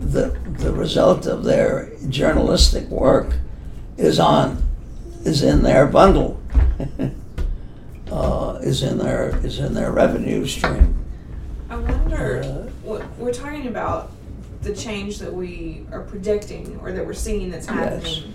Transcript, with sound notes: the, the result of their journalistic work is on, is in their bundle, [laughs] is in their, is in their revenue stream.
I wonder, we’re talking about the change that we are predicting or that we’re seeing that’s happened.